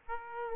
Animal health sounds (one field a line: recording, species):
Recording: mosquito wingbeat signal from an infrared sensor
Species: Aedes aegypti